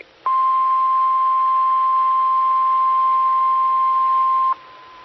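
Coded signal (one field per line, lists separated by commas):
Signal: Emergency Alert System (SAME) tones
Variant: 1050 Hz attention tone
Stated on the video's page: Morse ident on SKYWARN repeater system, 147.1200 and 146.8050 MHz.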